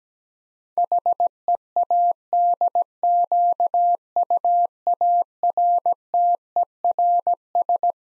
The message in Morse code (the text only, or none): HEADQUARTERS